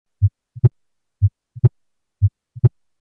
Second Heart Sound Fixed Splitting Decreased Aortic Intensity.